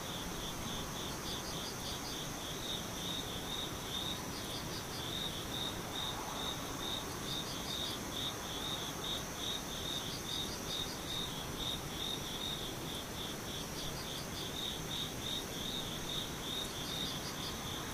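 Insects chirp in a fast, regular pulsing trill that runs almost the whole way through, high and bright, with a second thinner trill above it coming in short bursts every few seconds. Underneath sits a steady low rumble of background noise at an even level.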